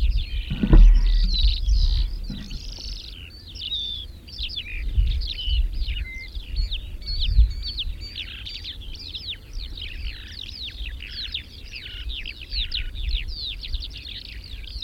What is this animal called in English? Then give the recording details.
Calandra Lark. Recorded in the wild. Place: Kavarna, Varna, BG. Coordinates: 42.825, 28.181. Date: 1974-06-06. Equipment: Nagra III BH, Sennheiser MD 21, parabola. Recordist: Schubert, Michael. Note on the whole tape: Fluggesang Kalanderlerche